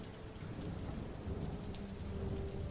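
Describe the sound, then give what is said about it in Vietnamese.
Heavy rain pours in a steady, dense hiss while a low, continuous rumble of thunder rolls underneath, with no voices and no pauses throughout. “Nhưng cơn mưa quái ác vẫn không ngừng buông tha.”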